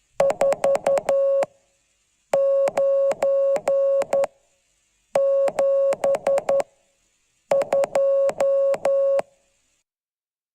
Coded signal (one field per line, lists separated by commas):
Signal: Morse code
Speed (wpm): 11 wpm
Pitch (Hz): 550 Hz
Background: none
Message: 4972